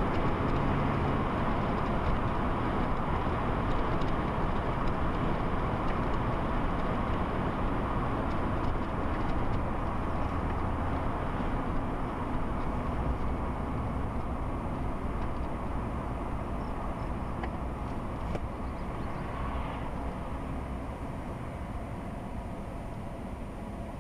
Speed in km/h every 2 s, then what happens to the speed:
77, 76, 72, 66, 61, 55, 47, 44, 37, 29, 18, 10.
3-24 slows to 10.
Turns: none.